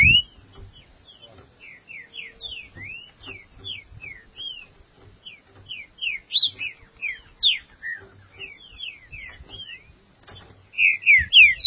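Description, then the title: Green-winged saltator song: a long series of quick, slurred whistles rising and falling, with a louder run of notes at the end. "Trinca Ferro"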